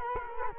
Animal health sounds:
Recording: mosquito wingbeat signal from an infrared sensor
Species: Culex quinquefasciatus

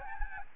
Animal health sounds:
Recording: mosquito wingbeat signal from an infrared sensor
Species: Aedes albopictus

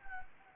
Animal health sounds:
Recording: mosquito wingbeat signal from an infrared sensor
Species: Anopheles gambiae

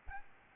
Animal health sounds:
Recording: mosquito wingbeat signal from an infrared sensor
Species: Aedes albopictus

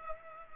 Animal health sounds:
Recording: mosquito wingbeat signal from an infrared sensor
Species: Culex pipiens

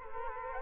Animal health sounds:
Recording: mosquito wingbeat signal from an infrared sensor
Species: Culex quinquefasciatus

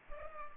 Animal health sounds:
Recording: mosquito wingbeat signal from an infrared sensor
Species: Culex pipiens

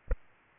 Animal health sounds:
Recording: mosquito wingbeat signal from an infrared sensor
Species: Aedes aegypti

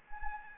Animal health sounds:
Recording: mosquito wingbeat signal from an infrared sensor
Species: Anopheles gambiae

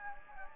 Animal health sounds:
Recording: mosquito wingbeat signal from an infrared sensor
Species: Anopheles gambiae

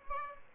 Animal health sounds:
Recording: mosquito wingbeat signal from an infrared sensor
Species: Aedes albopictus

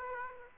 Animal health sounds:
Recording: mosquito wingbeat signal from an infrared sensor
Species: Aedes aegypti

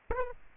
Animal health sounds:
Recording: mosquito wingbeat signal from an infrared sensor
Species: Aedes aegypti

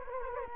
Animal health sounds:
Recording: mosquito wingbeat signal from an infrared sensor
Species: Culex quinquefasciatus

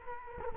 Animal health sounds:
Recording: mosquito wingbeat signal from an infrared sensor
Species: Culex quinquefasciatus

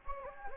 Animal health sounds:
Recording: mosquito wingbeat signal from an infrared sensor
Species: Anopheles gambiae

